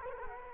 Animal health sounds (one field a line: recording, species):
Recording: mosquito wingbeat signal from an infrared sensor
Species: Culex quinquefasciatus